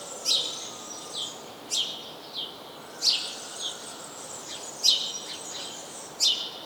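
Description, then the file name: House sparrow giving sharp, high chirps repeated at uneven intervals, with softer chirps between them over steady background hiss. "Passer domesticus"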